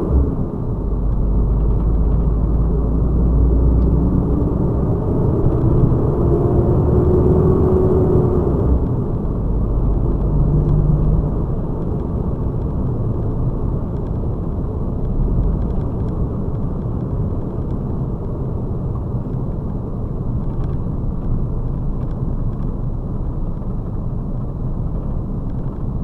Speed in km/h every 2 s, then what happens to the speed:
40, 45, 54, 59, 63, 63, 62, 60, 59, 53, 44, 37, 31.
0-11 speeds up to 63. 11-26 slows to 31.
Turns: none.